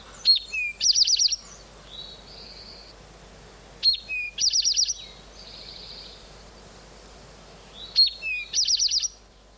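Eastern towhee singing three times, each song a couple of clipped opening notes and a lower note followed by a rapid ringing trill, repeated about every four seconds, with a soft buzzy note between songs.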